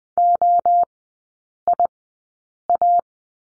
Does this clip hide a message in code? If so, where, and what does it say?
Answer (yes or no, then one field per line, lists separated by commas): yes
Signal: Morse code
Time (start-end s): 0.2-3.0 s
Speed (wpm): 20 wpm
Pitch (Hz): 700 Hz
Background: none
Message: OIA